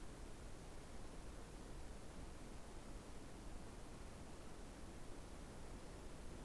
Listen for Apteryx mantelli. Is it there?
no